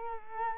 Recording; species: mosquito wingbeat signal from an infrared sensor; Culex quinquefasciatus